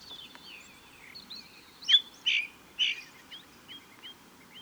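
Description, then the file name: Ring ouzel with three prominent notes close together midway, amid faint high whistled fragments. Recorded on the Wank near Garmisch on 26 April 2014. "Ringdrossel. Wank. Michle Pron"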